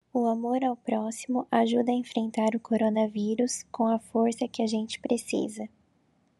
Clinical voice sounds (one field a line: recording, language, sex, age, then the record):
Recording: spoken sentence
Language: Brazilian Portuguese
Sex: female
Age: 20 to 29 years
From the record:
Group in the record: control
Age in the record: 23 years